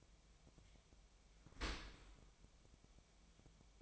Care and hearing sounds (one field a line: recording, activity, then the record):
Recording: daily activity, microphone in the room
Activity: open dishwasher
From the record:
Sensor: 1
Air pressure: 1006.7 hPa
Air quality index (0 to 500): 209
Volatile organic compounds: 24 ppm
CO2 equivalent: 2813 ppm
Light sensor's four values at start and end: 12/32/12/14 and 12/32/13/14